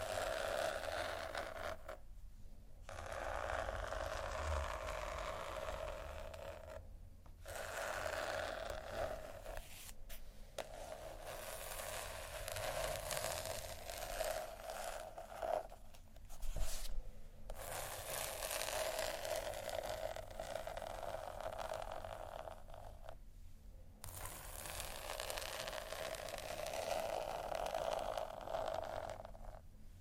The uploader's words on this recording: ASMR Relaxing Textures（No Talking）.